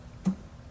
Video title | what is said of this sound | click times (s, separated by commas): CONVERTING TL HEADLIGHTS TO TYPE-S! | line it up with the d2s bulb the hid and turn it until it locks there | 0.3 s